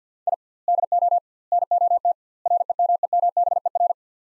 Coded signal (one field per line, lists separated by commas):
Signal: Morse code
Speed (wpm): 50 wpm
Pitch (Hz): 700 Hz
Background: none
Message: I DO NOT REMEMBER